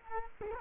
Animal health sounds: mosquito wingbeat signal from an infrared sensor; Culex quinquefasciatus

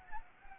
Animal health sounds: mosquito wingbeat signal from an infrared sensor; Anopheles gambiae

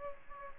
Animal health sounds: mosquito wingbeat signal from an infrared sensor; Aedes aegypti

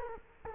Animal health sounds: mosquito wingbeat signal from an infrared sensor; Culex quinquefasciatus

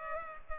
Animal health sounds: mosquito wingbeat signal from an infrared sensor; Culex pipiens

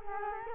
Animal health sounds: mosquito wingbeat signal from an infrared sensor; Culex quinquefasciatus

